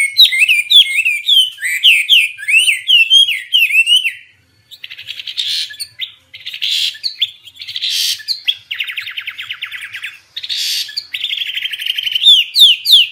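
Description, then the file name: Hwamei song, loud varied whistled phrases rising and falling around high pitch, with a brief pause then buzzy rattling notes and bright repeated whistles. Hwamei (wambi) described as a special, lively singer (gacor). "Burung Hwamei Wambi wambie"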